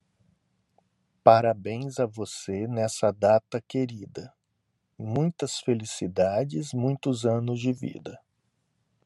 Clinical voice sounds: short text; Brazilian Portuguese; male; 50 to 59 years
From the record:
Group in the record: control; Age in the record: 55 years

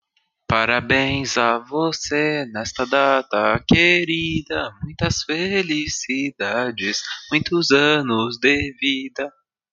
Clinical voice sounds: short text; Brazilian Portuguese; male; 20 to 29 years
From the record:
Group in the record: control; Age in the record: 24 years

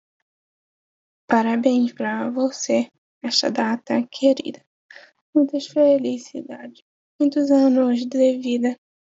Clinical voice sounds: short text; Brazilian Portuguese; female; 20 to 29 years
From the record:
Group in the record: control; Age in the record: 21 years

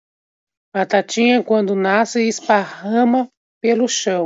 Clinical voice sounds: short text; Brazilian Portuguese; female; 30 to 39 years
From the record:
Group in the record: control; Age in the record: 35 years

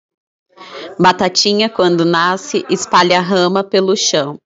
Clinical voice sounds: short text; Brazilian Portuguese; female; 20 to 29 years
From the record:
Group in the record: control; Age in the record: 28 years

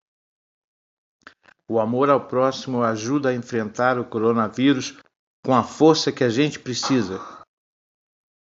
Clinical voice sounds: spoken sentence; Brazilian Portuguese; male; 60 to 69 years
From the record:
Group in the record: control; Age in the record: 60 years

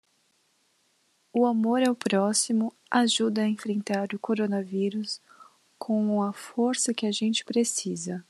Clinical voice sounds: spoken sentence; Brazilian Portuguese; female; 30 to 39 years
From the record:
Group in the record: control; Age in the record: 32 years

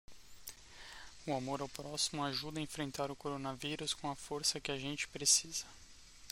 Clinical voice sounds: spoken sentence; Brazilian Portuguese; male; 30 to 39 years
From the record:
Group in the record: control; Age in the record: 34 years

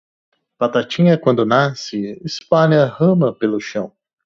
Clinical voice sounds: short text; Brazilian Portuguese; male; 20 to 29 years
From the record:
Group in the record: control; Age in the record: 29 years

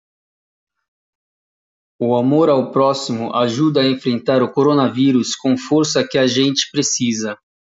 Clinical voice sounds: spoken sentence; Brazilian Portuguese; male; 40 to 49 years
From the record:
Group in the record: control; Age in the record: 42 years

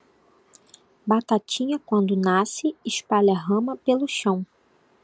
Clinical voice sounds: short text; Brazilian Portuguese; female; 20 to 29 years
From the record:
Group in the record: control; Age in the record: 27 years

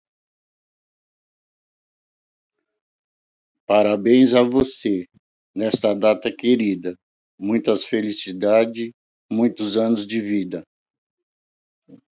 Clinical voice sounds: short text; Brazilian Portuguese; female; 60 to 69 years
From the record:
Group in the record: control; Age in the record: 63 years

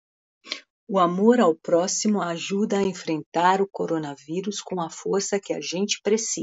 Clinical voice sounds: spoken sentence; Brazilian Portuguese; female; 50 to 59 years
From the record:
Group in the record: control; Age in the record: 55 years

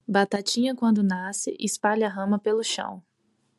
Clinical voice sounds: short text; Brazilian Portuguese; female; 20 to 29 years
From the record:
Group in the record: control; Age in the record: 29 years

